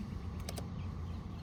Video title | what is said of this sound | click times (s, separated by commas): How To Remove/Replace 2023-2025 Nissan Altima Door Speaker. | It popped right out though. | 0.5 s, 0.6 s